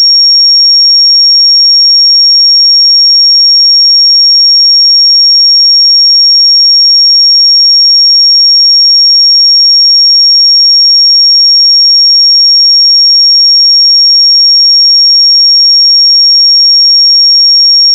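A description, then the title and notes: A pure sine tone at 5556 Hz sounds for the full eighteen seconds, high and piercing. Its pitch and loudness stay perfectly steady throughout, with nothing else in the background, only the single unbroken whistle-like note. 5556 Hz 1 Hz Interval Sine Pure Tone Frequency 441000 Sample Mono.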